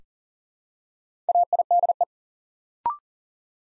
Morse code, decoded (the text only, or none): AIDE